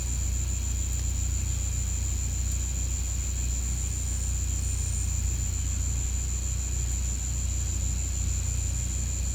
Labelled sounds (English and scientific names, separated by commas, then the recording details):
none
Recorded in pastures near Puerto Asís, Putumayo, Colombia, on 15 December 2024 at 10:00
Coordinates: 0.505, -76.324
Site G063